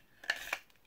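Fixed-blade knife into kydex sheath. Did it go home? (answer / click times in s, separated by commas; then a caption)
no / none. A fixed-blade knife is handled at a custom kydex (thermoformed plastic) sheath before being pushed back in for the retention to lock it. Short sharp plastic-and-metal ticks are heard, the strongest near 0.3 s and 0.5 s, with a faint tick near 0.7 s. Nothing has seated or clicked into place yet.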